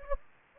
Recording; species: mosquito wingbeat signal from an infrared sensor; Anopheles gambiae